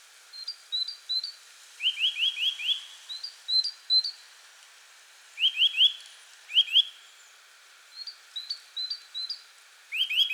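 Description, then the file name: Eurasian nuthatch repeating short groups of rising whistled notes, with short high whistles between them. "Sitta europaea"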